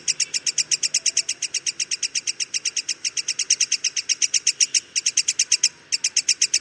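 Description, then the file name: Black-headed sibia giving a long, rapid series of sharp, high chipping notes, with two short pauses near the end. "sibia kepala hitam omkicau"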